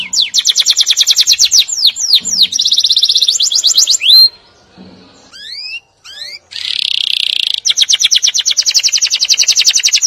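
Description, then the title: Canary song in bursts: fast clicking trills and upswept notes, broken by short silences, with a buzzy rattle and another trill at the end. "Kenari"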